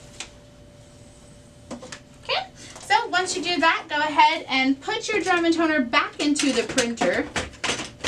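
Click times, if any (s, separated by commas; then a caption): none. A drum unit with its toner cartridge (a DR-630 drum) is being handled to go back into a Brother MFC-L2720DW laser printer. Someone talks over a few brief handling knocks near 0.2, 1.7 and 1.9 s and a louder one at 8.1 s. Nothing has seated or clicked yet; the assembly is not yet latched home.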